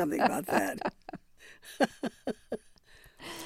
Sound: laughter

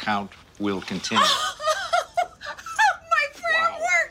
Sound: laughter

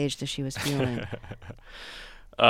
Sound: soundbite of laughter

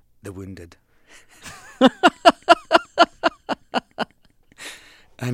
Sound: laughter

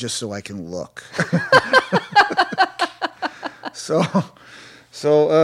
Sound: soundbite of laughter

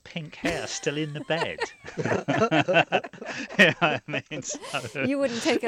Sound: soundbite of laughter

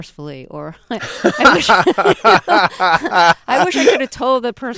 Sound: soundbite of laughter

